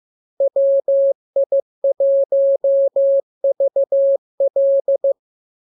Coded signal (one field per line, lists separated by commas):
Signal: Morse code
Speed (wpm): 15 wpm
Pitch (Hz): 550 Hz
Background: none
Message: WI1VL